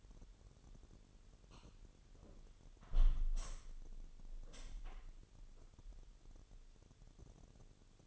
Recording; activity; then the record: daily activity, microphone in the room; close window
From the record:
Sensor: 4